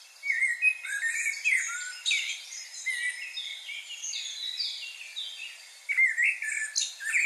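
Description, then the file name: Common blackbird singing a stream of varied, high twittering and warbling phrases with brief pauses. "Turdus merula"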